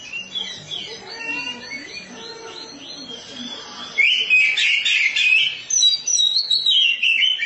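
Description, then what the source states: Oriental magpie-robin singing a rich, varied run of whistled and chattering phrases, growing louder and denser halfway through, with quick slurred notes and rapid trills. Oriental magpie-robin (kacer) song.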